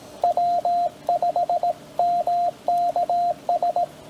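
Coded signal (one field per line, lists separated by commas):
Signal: Morse code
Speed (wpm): 17 wpm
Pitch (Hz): 700 Hz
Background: radio noise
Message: W5MKS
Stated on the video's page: POTA CW callsign copy practice; station uses TR45L Skinny, MC-750 vertical whip with four radials, Palm Radio Pico key, battery power.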